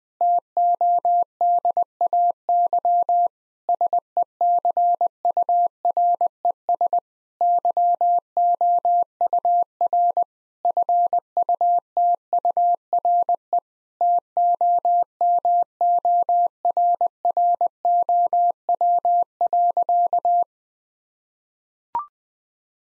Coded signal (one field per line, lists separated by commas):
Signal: Morse code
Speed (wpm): 20 wpm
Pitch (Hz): 700 Hz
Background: none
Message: TODAY SECURES YOUR FUTURE TOMORROW.